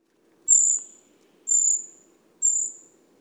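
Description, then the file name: Eurasian treecreeper giving three very high, thin, drawn-out notes, about one per second, each fading slightly at the end. "Grimpereau des bois"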